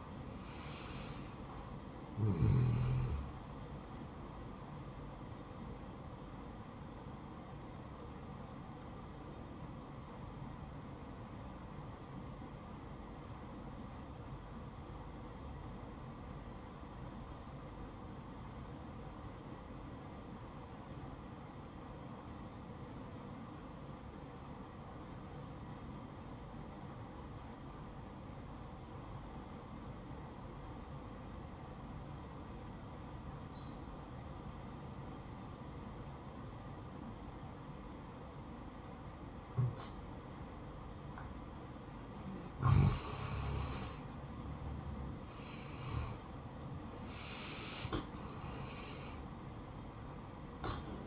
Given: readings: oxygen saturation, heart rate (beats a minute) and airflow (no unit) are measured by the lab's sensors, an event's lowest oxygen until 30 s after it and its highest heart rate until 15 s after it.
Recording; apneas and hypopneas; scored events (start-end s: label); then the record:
breathing in sleep by a smartphone at the bedside; 1
6.00-44.10 s: obstructive apnea (N1, oxygen 96% highest, then 85% lowest, heart rate 64 at the start, 75 highest)
21.00-51.07 s: new sleep stage, N2 (light sleep)
From the record:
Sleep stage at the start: N1 (lightest sleep); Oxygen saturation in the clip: 85 to 96%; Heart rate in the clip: 59 to 75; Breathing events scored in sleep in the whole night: 573 in 9.8 hours asleep